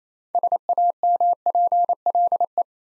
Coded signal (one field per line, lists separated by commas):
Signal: Morse code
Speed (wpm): 27 wpm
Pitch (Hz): 700 Hz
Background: none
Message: SAMPLE